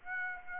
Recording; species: mosquito wingbeat signal from an infrared sensor; Aedes aegypti